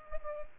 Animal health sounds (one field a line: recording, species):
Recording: mosquito wingbeat signal from an infrared sensor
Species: Culex quinquefasciatus